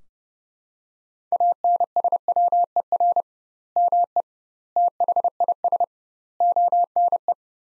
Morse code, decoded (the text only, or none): ANSWER ME THIS ONE